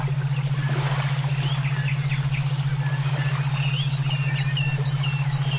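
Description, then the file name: Songbirds give scattered thin whistles, then a series of sharp chirps repeated about twice a second, while a low even hum continues underneath. Brainwave therapy track made for songbird song training (omkicau). "terapi brainwave omkicau"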